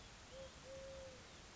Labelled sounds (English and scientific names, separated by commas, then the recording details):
Eurasian Collared Dove (Streptopelia decaocto)
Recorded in Sonoma County, California